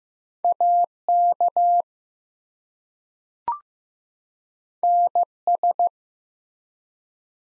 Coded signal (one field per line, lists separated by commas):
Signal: Morse code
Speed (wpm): 15 wpm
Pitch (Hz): 700 Hz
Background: none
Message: AK NS